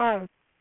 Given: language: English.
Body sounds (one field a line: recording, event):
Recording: throat vibration sensor signal played as sound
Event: speech